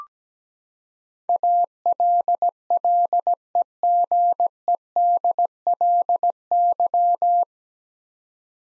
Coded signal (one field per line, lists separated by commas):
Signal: Morse code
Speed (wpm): 17 wpm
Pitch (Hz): 700 Hz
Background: none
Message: ALLEGEDLY